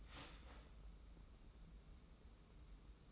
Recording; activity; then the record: daily activity, microphone in the room; start toaster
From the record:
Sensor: 1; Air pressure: 994.5 hPa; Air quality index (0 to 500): 225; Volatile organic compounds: 1000 ppm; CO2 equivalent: 8063 ppm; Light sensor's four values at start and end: 135/309/137/150 and 135/309/137/150